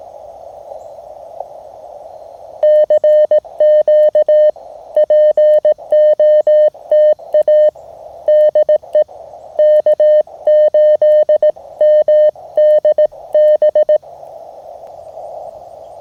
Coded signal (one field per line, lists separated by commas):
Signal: Morse code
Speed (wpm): 18 wpm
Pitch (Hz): 620 Hz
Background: none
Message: CQ POTA DE K8MDB